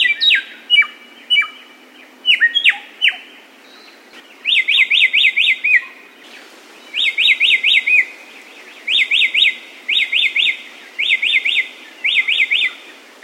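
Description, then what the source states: Samyong song: a few sharp downslurs, then repeated short bursts of zigzag trilled notes, each burst separated by brief pauses. Masteran (bird training) recording of samyong song.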